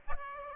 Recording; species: mosquito wingbeat signal from an infrared sensor; Aedes aegypti